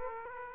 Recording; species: mosquito wingbeat signal from an infrared sensor; Aedes aegypti